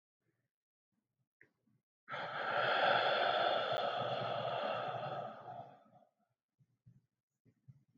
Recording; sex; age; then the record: vowel held as long as possible; male; 30 to 39 years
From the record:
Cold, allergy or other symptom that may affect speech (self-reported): no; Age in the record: 30 years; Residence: Georgia, United States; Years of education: 18